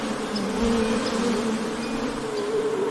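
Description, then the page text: Honey bees buzzing, an even wing drone with a clear wavering tone sliding up and down. Ambient honey bee wing-buzz sound, presented as ASMR background sound for work and sleep. "【環境音・ASMR】ミツバチの羽音3分｜ Honey Bees Sound【作業用・睡眠用BGM】"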